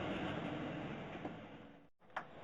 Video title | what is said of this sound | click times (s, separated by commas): 1998 ford windstar door jamb switch replacement | to uh hear a click | 2.2 s